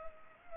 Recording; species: mosquito wingbeat signal from an infrared sensor; Culex pipiens